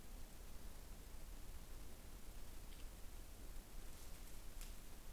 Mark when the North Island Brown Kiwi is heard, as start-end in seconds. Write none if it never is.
none